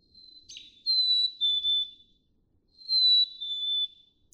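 Black-capped chickadee whistling its two-note song twice, a high steady note dropping to a slightly lower one, with a brief soft note before.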